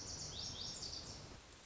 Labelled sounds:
Lazuli Bunting
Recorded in Sonoma County, California

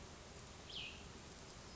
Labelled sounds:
Cassin's Vireo
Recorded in Sonoma County, California

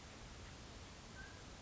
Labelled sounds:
Mountain Quail
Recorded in Sonoma County, California

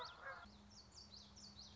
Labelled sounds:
Common Yellowthroat
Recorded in Sonoma County, California

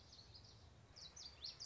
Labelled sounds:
Common Yellowthroat
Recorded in Sonoma County, California

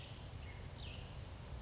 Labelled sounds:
Cassin's Vireo
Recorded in Sonoma County, California

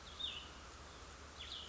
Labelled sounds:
Cassin's Vireo
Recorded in Sonoma County, California

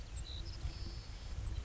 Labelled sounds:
Savannah Sparrow
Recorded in Sonoma County, California

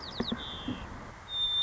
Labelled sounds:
White-crowned Sparrow
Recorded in Sonoma County, California

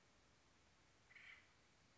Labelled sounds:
Acorn Woodpecker
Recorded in Sonoma County, California

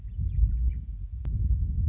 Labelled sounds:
Western Meadowlark
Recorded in Sonoma County, California

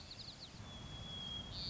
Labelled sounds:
White-crowned Sparrow
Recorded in Sonoma County, California

